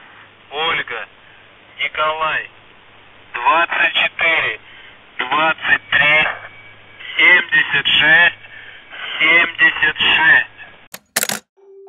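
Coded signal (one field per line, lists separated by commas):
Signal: numbers station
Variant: UVB-76, Russian voice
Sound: a male voice reads short phrases over a narrow, radio-filtered channel, with gaps between them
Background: radio hum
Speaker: mensajes que en ruso usando palabras claves y números mandan a las sondas de radio no suena cada día ni en días concretos sino aleatoriamente en pocas ocasiones de hecho solo si escuchas todas las emisiones podrás saber cuando y una te dejo unos ejemplos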